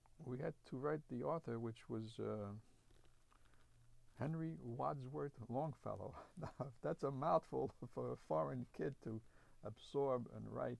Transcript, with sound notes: we had to write the author which was Henry Wadsworth Longfellow. (he laughs) Now that's a mouthful for a foreign kid to absorb and write.